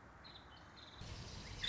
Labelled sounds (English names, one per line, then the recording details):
Nuttall's Woodpecker
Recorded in Sonoma County, California